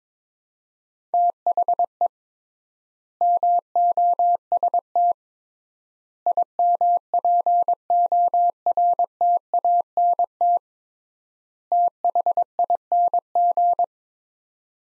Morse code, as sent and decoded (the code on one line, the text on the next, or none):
- .... . / -- --- ... - / .. -- .--. --- .-. - .- -. - / - .... .. -. --.
THE MOST IMPORTANT THING